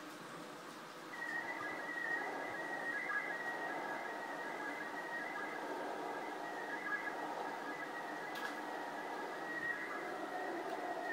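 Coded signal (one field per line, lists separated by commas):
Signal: SSTV (slow-scan television)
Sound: warbling, slowly shifting high tone buried in steady radio hiss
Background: radio static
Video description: showing the computer decoding the sstv pics from the iss in vk3 using my ic 7100 and a 9 element lfa antenna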